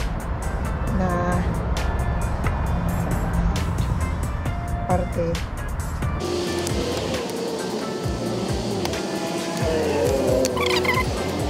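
An unnamed part is worked slowly into its mount in a car's engine bay, taking care because nearby parts are hot, while someone talks over background music. The part is only being handled here, and nothing has seated or clicked yet.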